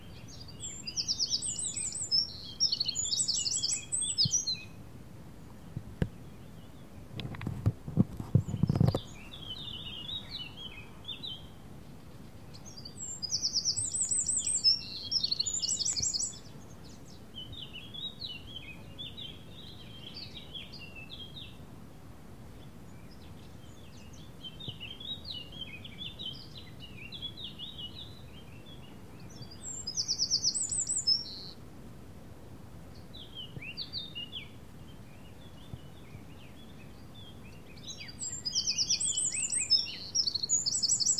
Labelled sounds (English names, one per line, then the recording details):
Eurasian Wren song
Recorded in the wild
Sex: male
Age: adult
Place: Tiuccia, Corsica, FR
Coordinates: 42.0714, 8.73222
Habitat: Macchia
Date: 2011-07-14
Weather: sunny, 20°C, weak wind
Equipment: Zoom H2, rear micophones
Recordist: Frommolt, Karl-Heinz